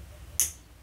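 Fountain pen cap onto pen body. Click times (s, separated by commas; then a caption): 0.4 s. The snap cap of a Lamy Studio fountain pen, shown with Sheaffer Very Verde ink, is pushed onto the pen body. Against a quiet low background hum, a single sharp, bright click sounds at 0.4 s and fades within about a tenth of a second. The cap is closed and seated.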